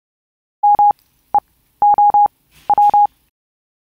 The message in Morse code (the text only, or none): MEOW